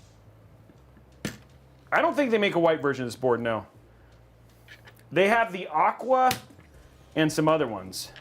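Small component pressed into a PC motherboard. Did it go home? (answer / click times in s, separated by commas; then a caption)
yes / 1.2 s. A small component is pressed into a motherboard during a build of an ASRock-powered Intel Core Ultra 270K Plus system in the H6 Flow, and it pops into place with one clear, sharp click at 1.3 s. Someone talks before and after the click, and the part is seated.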